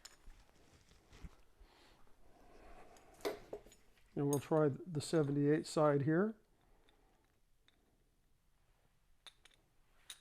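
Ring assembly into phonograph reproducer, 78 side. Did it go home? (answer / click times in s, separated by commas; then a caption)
yes / 10.1 s. A ring assembly is fitted into the 78 side of a Brunswick Ultona phonograph reproducer during pre-assembly. Someone talks, faint handling taps follow, and the part pops in and seats with a sharp click at 10.1 s.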